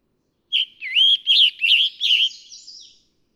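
Scarlet tanager song of a short note then four rough, burry phrases in quick sequence, trailing into a thin, fading high buzz.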